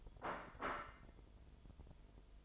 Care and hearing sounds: daily activity, microphone in the room; place plate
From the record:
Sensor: 5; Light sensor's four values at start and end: 10/24/10/11 and 10/24/10/11

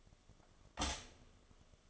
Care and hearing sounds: daily activity, microphone in the room; stop toaster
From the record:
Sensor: 4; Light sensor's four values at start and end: 4/9/3/3 and 4/9/3/3

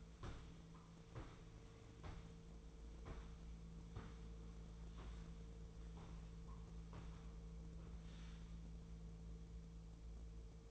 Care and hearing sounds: daily activity, microphone in the room; walk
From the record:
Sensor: 1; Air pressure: 1005.4 hPa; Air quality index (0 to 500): 122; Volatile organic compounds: 5 ppm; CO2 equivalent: 1705 ppm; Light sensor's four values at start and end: 11/27/11/12 and 11/27/11/11

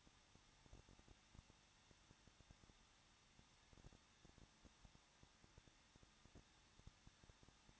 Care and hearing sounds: daily activity, microphone in the room; no activity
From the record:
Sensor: 3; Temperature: 21.2 degrees Celsius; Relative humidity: 36.2%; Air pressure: 1006.4 hPa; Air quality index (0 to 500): 221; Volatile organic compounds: 40 ppm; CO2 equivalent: 3145 ppm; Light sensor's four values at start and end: 2/3/2/2 and 2/3/2/2

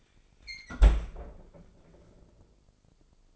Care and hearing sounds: daily activity, microphone in the room; close fridge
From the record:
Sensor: 5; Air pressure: 995.4 hPa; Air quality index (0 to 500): 98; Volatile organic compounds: 6 ppm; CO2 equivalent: 1863 ppm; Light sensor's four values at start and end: 37/89/36/37 and 35/84/34/35

